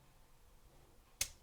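A metal emergency key blade is pushed back into its slot in a plastic Mercedes-Benz key fob until it latches. After a quiet stretch, a single sharp click sounds at 1.2 seconds as the blade snaps back into place and seats.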